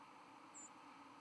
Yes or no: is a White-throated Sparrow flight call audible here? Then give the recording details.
yes. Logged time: 01:48 on 12 November 2014